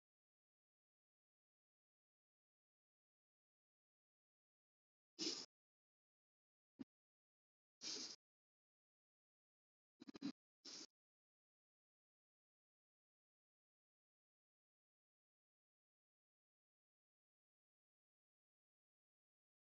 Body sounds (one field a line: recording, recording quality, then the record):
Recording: shallow breathing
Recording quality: excellent, no background noise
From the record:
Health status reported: healthy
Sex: male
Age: 47 years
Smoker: yes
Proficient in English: yes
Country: India